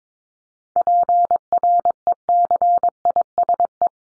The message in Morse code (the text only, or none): PRECISE